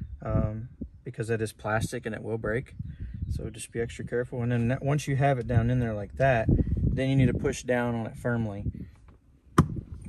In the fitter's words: until it snaps you'll kind of feel it pop like that and now it's on there good it won't come off again